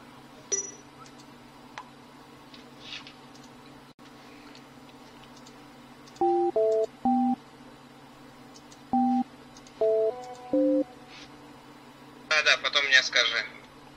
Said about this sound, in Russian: Так что, давай я сейчас ему наберу, да и все спрошу, как ему.